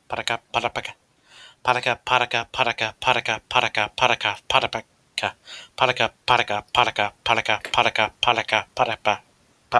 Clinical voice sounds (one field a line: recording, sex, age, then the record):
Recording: repeated syllables /pa ta ka/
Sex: male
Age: 20 to 29 years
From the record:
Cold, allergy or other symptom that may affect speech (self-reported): no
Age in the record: 27 years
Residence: Texas, United States